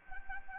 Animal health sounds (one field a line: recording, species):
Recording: mosquito wingbeat signal from an infrared sensor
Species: Anopheles arabiensis